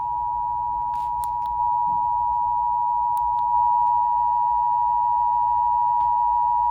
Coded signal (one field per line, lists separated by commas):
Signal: Emergency Alert System (SAME) tones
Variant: 853 and 960 Hz attention tone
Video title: Eas FFW in Hawaii Eas#423